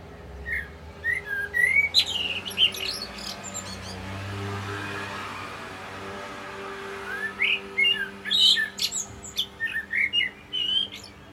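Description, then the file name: Common blackbird song: two bouts of fluty, warbled phrases with squeaky high twittering ends, the first bout early and the second after a quiet pause, over a soft low hum. "Turdus merula"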